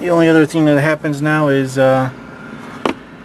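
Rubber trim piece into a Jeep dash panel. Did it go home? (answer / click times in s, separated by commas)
yes / 2.9 s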